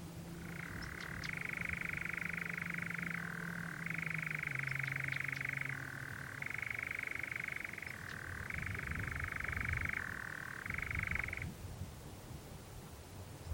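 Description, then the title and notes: European Nightjar churring, a steady dry trill that flips between higher and lower pitch every second or two, stopping near the end. Nocturnal bird churring on a warm June summer evening, on a hill in the Brecon Beacons, amid honeysuckle and foxgloves. "Sound Escape 20: the mesmerising churring of a nightjar on a summer's night. it's a warm June evening on a hill in the Brecon Beacons and the strange churring of a nocturnal bird called the nightjar"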